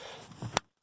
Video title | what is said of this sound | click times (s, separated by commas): 99 suburban rear interior door handle | They just pop in. Wait till you hear that snap. Oh, that's beautiful. | 0.6 s